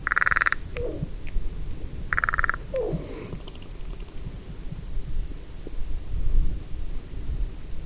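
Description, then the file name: Carrion crow uttering two coarse, grating caws two seconds apart, each followed by a soft descending lower note, then low background rumble. "Corvus corone"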